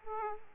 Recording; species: mosquito wingbeat signal from an infrared sensor; Aedes aegypti